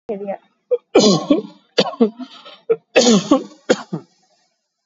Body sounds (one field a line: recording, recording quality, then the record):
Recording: heavy voluntary cough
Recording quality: excellent, no background noise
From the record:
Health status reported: COVID-19 positive, no symptoms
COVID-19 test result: positive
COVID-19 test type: RT-PCR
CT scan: taken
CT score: 4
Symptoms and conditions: fever, diabetes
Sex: male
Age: 51 years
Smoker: no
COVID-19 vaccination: both doses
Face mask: worn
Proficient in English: yes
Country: India